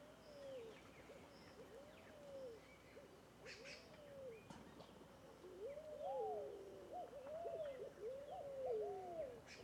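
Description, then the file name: Scaled dove calls: spaced low arching coos at first, then a denser run of short and long coos from more than one bird, with scattered high chirps. Several birds calling together in a bamboo grove; local name fogo-apagou. "Varios Passaros Fogo Apagou Juntos em Bambuzau"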